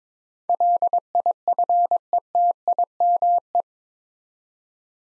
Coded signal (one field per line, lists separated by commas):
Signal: Morse code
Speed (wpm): 22 wpm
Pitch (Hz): 700 Hz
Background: none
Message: LIFETIME